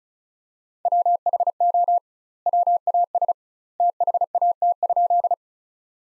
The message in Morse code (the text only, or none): WHO WAS THAT?